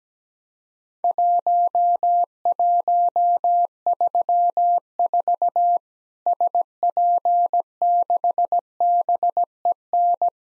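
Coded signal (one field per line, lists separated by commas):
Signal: Morse code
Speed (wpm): 17 wpm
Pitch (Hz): 700 Hz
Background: none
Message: 1134 SP6BEN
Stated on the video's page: Worked All Europe DX Contest QTC exchange practice at 17 wpm, with simulated repeat requests.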